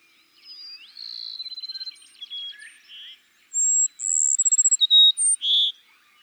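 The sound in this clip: Cassin's sparrow, a softer song phrase followed by a louder one, each with a high whistle, quick trill and clipped closing notes.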